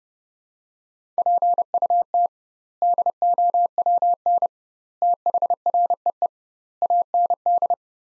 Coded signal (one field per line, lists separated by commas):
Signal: Morse code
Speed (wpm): 32 wpm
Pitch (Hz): 700 Hz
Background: none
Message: PUT DOWN THREE AND